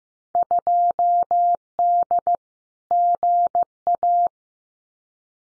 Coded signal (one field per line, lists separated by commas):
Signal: Morse code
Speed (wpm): 15 wpm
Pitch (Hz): 700 Hz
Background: none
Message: 2D GA